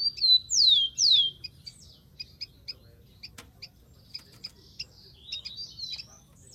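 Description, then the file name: Rufous-collared sparrow singing two loud, clear whistles that slur downward, followed by scattered high chip notes and soft twittering from birds. "canto do tico tico"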